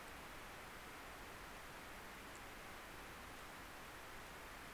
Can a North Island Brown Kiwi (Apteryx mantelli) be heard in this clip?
no